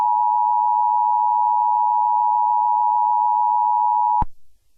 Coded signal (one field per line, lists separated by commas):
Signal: Emergency Alert System (SAME) tones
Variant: 853 and 960 Hz attention tone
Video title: EAS Scenario #7: The Great Cleansing